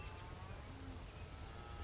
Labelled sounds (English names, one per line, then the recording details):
Chestnut-backed Chickadee
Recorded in Sonoma County, California